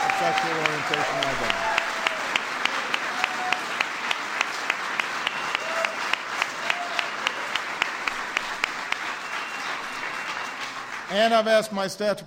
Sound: applause

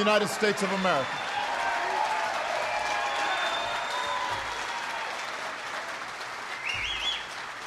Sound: applause

